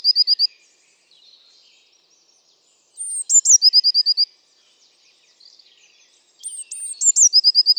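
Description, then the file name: Eurasian blue tit giving a high phrase twice, sharp thin introductory notes then a fast even trill of short notes, after the end of an earlier trill, with faint soft notes between phrases. "Cyanistes caeruleus"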